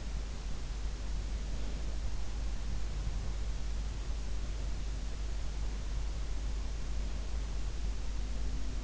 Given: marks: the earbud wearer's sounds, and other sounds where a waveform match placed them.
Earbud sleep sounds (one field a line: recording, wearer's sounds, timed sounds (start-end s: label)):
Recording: sounds in sleep by an in-ear microphone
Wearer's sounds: breath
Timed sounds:
1.40-2.17 s: breath